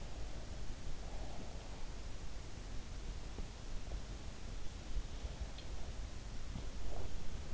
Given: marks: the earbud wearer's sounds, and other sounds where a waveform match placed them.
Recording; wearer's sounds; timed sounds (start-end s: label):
sounds in sleep by an in-ear microphone; breath, swallowing
0.00-1.54 s: breath
6.43-6.99 s: swallowing